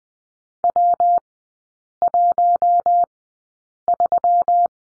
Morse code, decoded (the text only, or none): W13